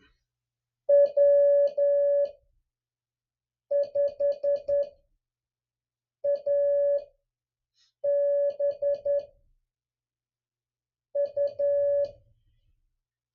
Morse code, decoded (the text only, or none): W5ABU